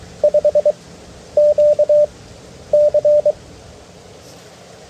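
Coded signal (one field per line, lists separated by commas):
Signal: Morse code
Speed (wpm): 20 wpm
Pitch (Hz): 590 Hz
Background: none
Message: 5 Q C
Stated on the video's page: FT8 and Morse from a QRP POTA park activation using a QRP Labs QMX transceiver, an EFHW antenna, a UMPP-1 paddle and an 11.1V battery.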